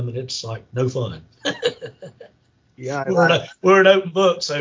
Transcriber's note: laughs